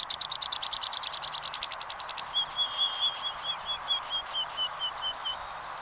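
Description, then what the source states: Meadow Pipit song: a run of rapid high notes growing fainter, then a lower series of more spaced notes. Field recording by Sten Wahlström from Sweden, issued on the Sveriges Ornitologiska Förening cassette Fåglar I Vår Närhet; Swedish name ängspiplärka.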